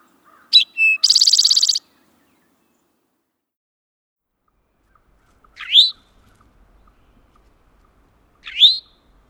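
Eastern towhee: a short sharp note, a pure whistle and a fast buzzy trill, then two separate rising, slurred call notes several seconds apart in silence.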